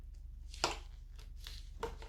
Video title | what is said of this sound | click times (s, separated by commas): Vixen by Seams Legit with add ons | See, when I push it against the thing, you can actually hear it click together. | 0.6 s, 1.8 s